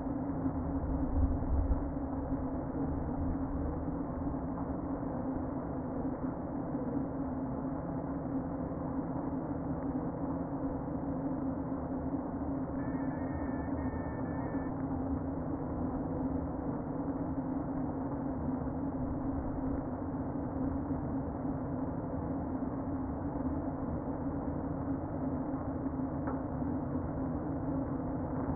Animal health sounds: honeybee colony, microphone inside the hive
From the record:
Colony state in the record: queen present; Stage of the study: before two queens were removed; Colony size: about 60,000 bees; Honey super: yes

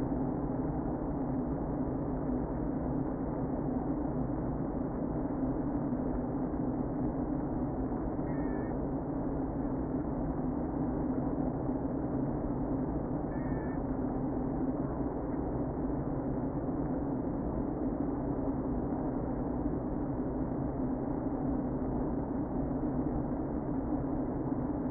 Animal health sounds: honeybee colony, microphone inside the hive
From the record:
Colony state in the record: queen present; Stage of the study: before two queens were removed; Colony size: about 60,000 bees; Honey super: yes

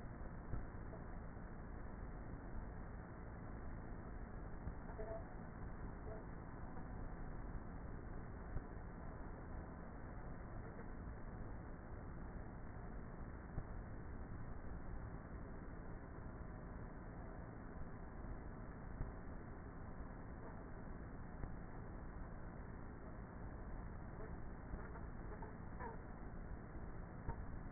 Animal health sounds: honeybee colony, microphone inside the hive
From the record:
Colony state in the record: queenless with a low population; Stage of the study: before two queens were removed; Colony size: about 30,000 bees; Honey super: no

